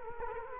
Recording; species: mosquito wingbeat signal from an infrared sensor; Culex quinquefasciatus